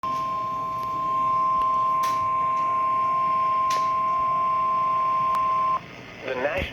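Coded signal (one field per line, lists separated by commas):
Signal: Emergency Alert System (SAME) tones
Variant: 1050 Hz attention tone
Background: speech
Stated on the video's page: Severe thunderstorm warning received on weather radio.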